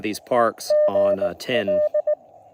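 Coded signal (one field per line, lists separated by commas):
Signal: Morse code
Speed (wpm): 17 wpm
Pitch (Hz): 590 Hz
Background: speech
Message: EGL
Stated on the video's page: Parks on the Air activation from Joe Budd WMA in Florida.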